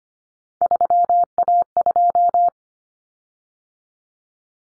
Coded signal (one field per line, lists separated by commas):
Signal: Morse code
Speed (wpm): 25 wpm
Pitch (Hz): 700 Hz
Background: none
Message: 3A2